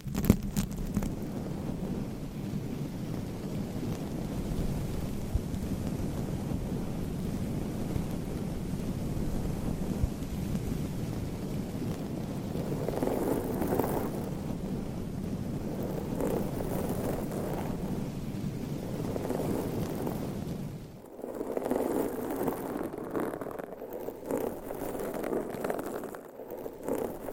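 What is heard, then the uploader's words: Long nails scratch steadily across microphones in a dense, rumbling rasp, growing brighter around the middle, then breaking into choppier strokes after twenty seconds. Mic Scratching with the World's LONGEST Nails & 9 Mics No Talking.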